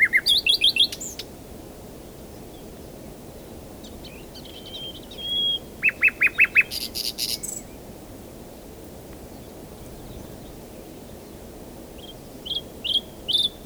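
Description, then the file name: Common nightingale song with rapid rattles and clear whistles, a pause, a fast run of repeated notes and a buzzy burst. A few loud whistled notes come near the end. "Luscinia megarhynchos"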